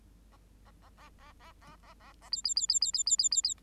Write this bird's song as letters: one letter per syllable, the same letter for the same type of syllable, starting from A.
A A A A A A A A A A B B B B B B B B B B